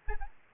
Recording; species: mosquito wingbeat signal from an infrared sensor; Aedes albopictus